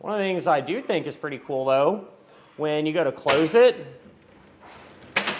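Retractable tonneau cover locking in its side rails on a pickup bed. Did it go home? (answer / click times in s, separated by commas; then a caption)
yes / 5.2 s. Someone talks as a Pace Edwards JackRabbit retractable hard tonneau cover is pulled closed along its side rails over a pickup truck bed. A sharp click is heard at 5.2 s, followed by a smaller one just after, as the cover locks into place at a stop partway along the rail.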